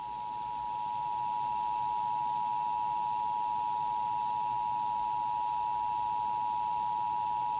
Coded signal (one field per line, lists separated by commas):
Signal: Emergency Alert System (SAME) tones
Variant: 853 and 960 Hz attention tone